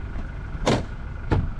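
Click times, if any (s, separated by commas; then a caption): 0.7 s, 1.3 s. A Minn Kota Tarova bow-mount trolling motor is stowed by pulling its shaft up and back into the bow stow mount over a steady low background rumble. Two sharp clicks land at 0.7 s and 1.3 s as the stow latch engages, and the motor is seated in its stow mount.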